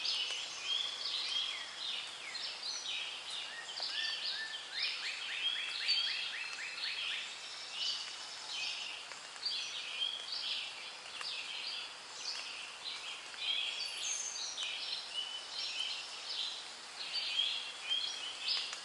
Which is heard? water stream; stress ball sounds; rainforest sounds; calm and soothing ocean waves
rainforest sounds